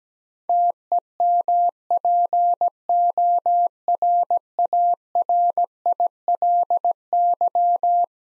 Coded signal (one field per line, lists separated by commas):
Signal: Morse code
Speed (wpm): 17 wpm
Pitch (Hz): 700 Hz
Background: none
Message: TEMPORARILY